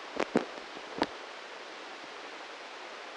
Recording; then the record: brain microelectrode recording played as sound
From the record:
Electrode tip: inside the subthalamic nucleus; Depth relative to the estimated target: 0 mm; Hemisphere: left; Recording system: NeuroSet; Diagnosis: Parkinson's disease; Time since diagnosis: 15 years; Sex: male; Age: 65 years